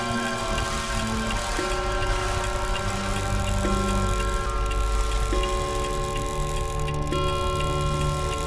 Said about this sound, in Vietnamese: Thứ duy nhất còn hoạt động trong căn phòng này chính là chiếc đồng hồ treo tường. Tiếng kim dây chuyển động khiến tôi đưa mắt lên nhìn, vừa chuẩn đúng 12 giờ đêm.